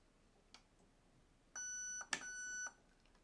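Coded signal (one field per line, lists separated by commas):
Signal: beep code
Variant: Specna Arms HALL ETU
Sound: two steady mid-pitched electronic beeps, each about half a second, with a click between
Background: mechanical click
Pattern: 2 short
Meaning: Settings saved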